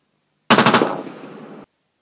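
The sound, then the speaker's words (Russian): Colonel Vandershpul pulls the trigger of a needle gun in StarCraft 2: Heaven's Devils: a quick burst of about four sharp, loud shots firing spikes in rapid succession, trailing off into a hissing, crackling decay that fades out about a second later. No voices. “Вандершпуль нажал на курок игольника.”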